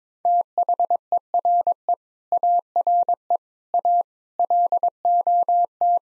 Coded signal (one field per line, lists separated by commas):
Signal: Morse code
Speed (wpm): 22 wpm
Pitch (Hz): 700 Hz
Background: none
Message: THERE ARE A LOT